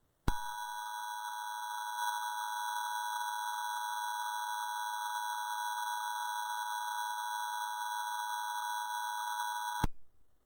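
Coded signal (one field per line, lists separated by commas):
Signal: Emergency Alert System (SAME) tones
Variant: 853 and 960 Hz attention tone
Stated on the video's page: Fictional EAS series about a virus, not a real alert.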